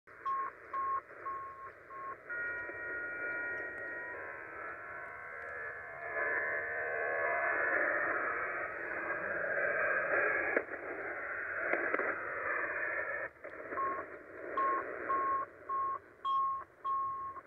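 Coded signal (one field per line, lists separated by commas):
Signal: HF data modem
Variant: Israeli Navy hybrid modem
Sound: repeated short beeps at about 1 kHz, then a long steady wideband data hiss, then beeps again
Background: radio static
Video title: 5512 kHz USB Israeli Navy Hybrid Modem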